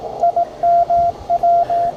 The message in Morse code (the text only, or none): IMW